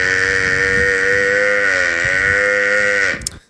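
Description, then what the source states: American bison calf giving one long, steady, nasal bleat of about three seconds that ends abruptly with a short click. Newborn calf at a wildlife park in Pierce County; one of two American bison calves born within a week of each other earlier this month.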